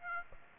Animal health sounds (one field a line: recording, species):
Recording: mosquito wingbeat signal from an infrared sensor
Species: Aedes aegypti